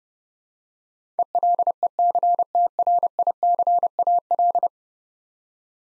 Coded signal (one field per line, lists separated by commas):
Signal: Morse code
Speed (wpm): 31 wpm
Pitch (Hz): 700 Hz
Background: none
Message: ELECTRICAL